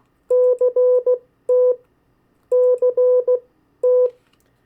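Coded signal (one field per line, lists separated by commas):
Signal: Morse code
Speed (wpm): 16 wpm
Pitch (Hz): 500 Hz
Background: none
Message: CT CT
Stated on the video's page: Morse code drill of state abbreviations at variable speeds.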